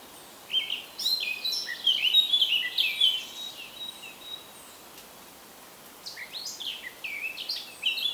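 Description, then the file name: Eurasian blackcap song: a long, energetic warbling phrase of quick varied notes, a pause, then a softer phrase near the end. "Sylvia atricapilla"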